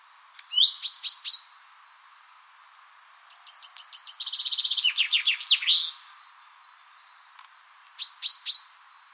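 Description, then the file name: Common chaffinch song: a run of bright, high notes descending into a loud, flourished ending, framed by short bursts of sharp notes before and after. "Fringilla coelebs"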